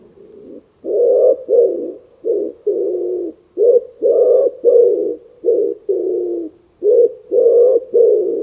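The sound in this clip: Bird cooing in a long series of low, throaty notes, short ones mixed with longer drawn-out coos, nearly continuous.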